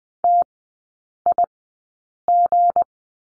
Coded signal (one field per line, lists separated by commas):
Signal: Morse code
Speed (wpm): 20 wpm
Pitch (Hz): 700 Hz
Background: none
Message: TIG